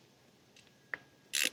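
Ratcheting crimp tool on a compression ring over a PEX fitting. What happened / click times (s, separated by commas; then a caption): The crimp tool's ratchet released at full crimp / 0.9 s. A ratcheting crimp tool is squeezed over a metal compression (cinch) ring on a PEX line feeding a relocated sillcock. A sharp click at 0.9 s marks the ratchet releasing and the tool springing back open at full crimp, followed by a louder, brief broadband rattle from about 1.3 to 1.5 s. The ring is confirmed fully crimped.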